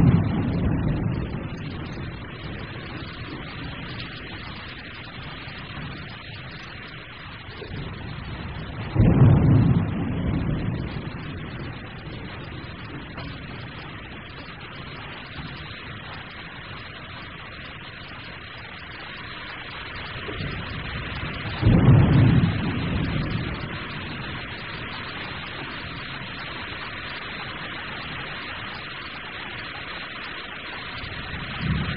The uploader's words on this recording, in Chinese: 自然·白噪音 - 雨中雷。